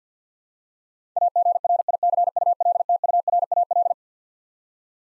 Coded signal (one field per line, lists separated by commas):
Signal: Morse code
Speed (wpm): 50 wpm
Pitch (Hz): 700 Hz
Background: none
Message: AGRICULTURAL